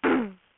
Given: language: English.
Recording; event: throat vibration sensor signal played as sound; throat clearing